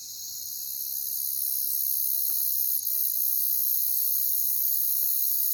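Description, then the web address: Crickets trilling in a dense, continuous high-pitched sound that swells slightly over the first two seconds, then holds steady. "Sounds of Nature Collection. Crickets"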